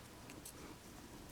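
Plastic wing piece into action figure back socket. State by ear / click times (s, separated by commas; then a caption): not seated / none. A plastic wing piece is being handled and plugged toward the back socket of a 2020 Marvel Legends Vulture 6-inch action figure. Steady, quiet rustling is heard, with faint brief high-pitched scrapes around 0.3 s and 0.5 s. Nothing has seated or clicked yet; the piece later snaps in only lightly and falls off easily.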